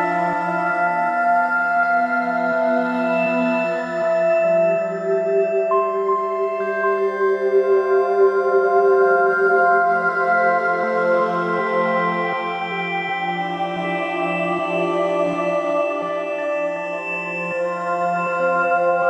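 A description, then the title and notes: Soft, healing music holds long, sustained tones that overlap and shift slowly, with a steady low drone beneath a shimmer of higher ringing notes. The level stays even throughout, with no sharp events, only gentle swells around the middle. Blissful & Ethereal Meditation Music.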